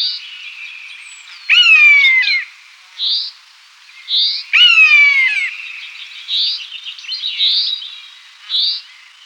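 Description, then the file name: Common buzzard giving two harsh, falling mewing calls a few seconds apart, with shorter notes between. "Maeusebussard"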